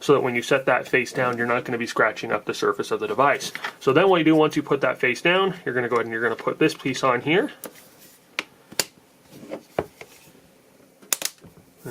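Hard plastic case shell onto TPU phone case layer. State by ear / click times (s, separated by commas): seated / 11.1 s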